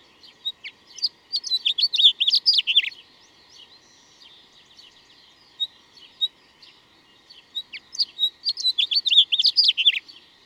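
Bird song in two bursts of rapid, varied twittering and chirps, high and jumbled, separated by a quieter stretch with scattered single notes.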